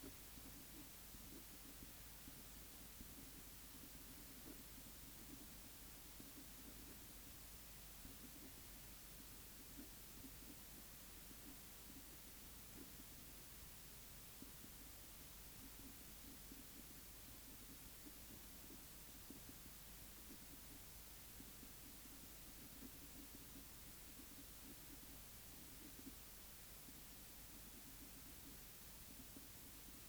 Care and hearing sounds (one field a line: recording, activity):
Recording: daily activity, guitar pickup as the sensor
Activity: write